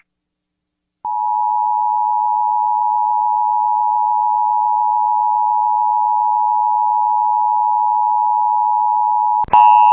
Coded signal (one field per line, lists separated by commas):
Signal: Emergency Alert System (SAME) tones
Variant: 853 and 960 Hz attention tone